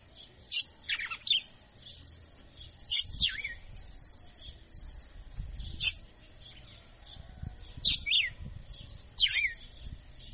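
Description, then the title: Red-cowled cardinal song: clusters of sharp, falling whistled notes with short twisting tails, given every few seconds, plus some low rumbling. Female; a 'professor' (teacher) bird singing in açoitando style. "Canto Galo Campina Fêmea. Galo de Campina Professor Açoitando ( Uma Verdadeira Máquina )"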